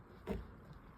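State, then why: Not seated. A white plastic clip is handled at the bottom of a Jeep Wrangler JK door handle assembly during a window regulator replacement, giving a brief muffled rustle and bump around 0.3 seconds over a low background hum. Nothing has seated or clicked yet.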